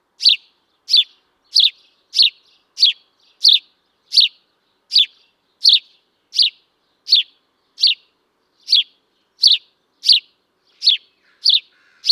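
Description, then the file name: House sparrow producing about eighteen brief, scratchy chirps in a series, roughly every two-thirds of a second. "Passer domesticus"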